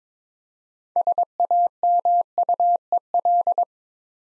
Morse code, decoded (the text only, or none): SAMUEL